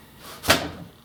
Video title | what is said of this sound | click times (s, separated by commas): LOST KEY. Unlock A Roll Top Desk Without A Key - Two Methods | hit the latch. Hear that? Hit the latch and | 0.5 s